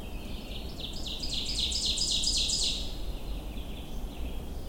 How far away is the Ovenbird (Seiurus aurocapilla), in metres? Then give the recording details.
about 15 m. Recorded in boreal forest in Alberta, Canada, on 22 June 2016 at 07:26. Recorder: SongMeter 3, array SBT-6-76. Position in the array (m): 14 m, 118 m. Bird 2